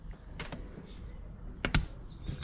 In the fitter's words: makes a little snap sound